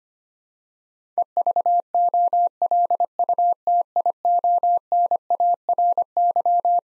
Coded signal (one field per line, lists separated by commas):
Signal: Morse code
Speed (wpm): 25 wpm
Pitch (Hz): 700 Hz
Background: none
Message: EVOLUTIONARY